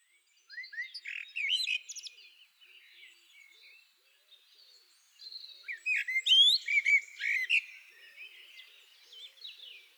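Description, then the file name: Common blackbird singing short phrases of fluty whistles ending in high twittering, two main phrases separated by a quieter gap. "Turdus merula"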